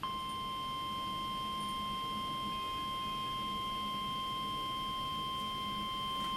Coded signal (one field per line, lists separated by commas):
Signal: Emergency Alert System (SAME) tones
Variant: 1050 Hz attention tone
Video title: NOAA Weather Radio | 04/19/15 Severe Weather Event